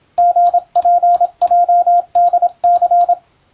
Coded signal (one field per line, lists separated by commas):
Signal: Morse code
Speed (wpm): 26 wpm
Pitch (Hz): 700 Hz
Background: radio noise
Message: GPJDC